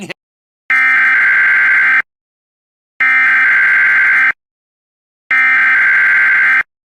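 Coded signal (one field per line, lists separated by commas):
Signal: Emergency Alert System (SAME) tones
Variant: header bursts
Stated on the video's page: Mock, simulated EAS Tornado Watch scenario for New Jersey, not a real alert.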